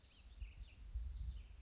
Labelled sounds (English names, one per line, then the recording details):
House Wren
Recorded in Sonoma County, California